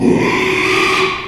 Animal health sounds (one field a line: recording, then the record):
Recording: squeal of a Yucatan mini pig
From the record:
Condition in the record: after surgery on the right vocal fold (resection and tissue-engineered implant)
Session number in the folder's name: 1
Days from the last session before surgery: 6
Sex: male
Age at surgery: 12 weeks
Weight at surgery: 13 kg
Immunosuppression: cyclosporine, prednisolone